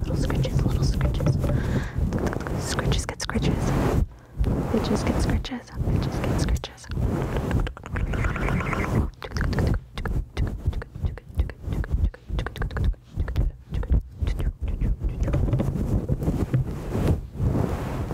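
Dense scratching rubs and rustles against a microphone cover, with deep muffled thumps underneath and a crisp hiss on top. The strokes come in quick irregular bursts, broken by brief pauses near four, five and a half, and seven seconds.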